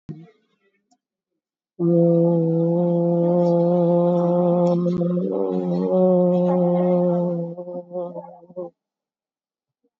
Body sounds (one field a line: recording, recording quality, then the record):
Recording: sustained vowel as in boot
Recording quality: excellent, no background noise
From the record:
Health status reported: COVID-19 positive, moderate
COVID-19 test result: positive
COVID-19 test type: RT-PCR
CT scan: taken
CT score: 3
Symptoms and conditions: cough, sore throat, fever, fatigue, muscle pain, diabetes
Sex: female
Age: 62 years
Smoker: no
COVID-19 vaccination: one dose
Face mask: worn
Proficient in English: yes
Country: India